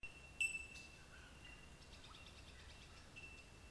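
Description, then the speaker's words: Bellbirds giving clear ringing notes, one bright bell-like ping near the start then a sustained tone, with faint chirps of other birds scattered through. Several bellbirds calling during a walk with a dog, other birds calling around. "That's just the sound of some bellbirds."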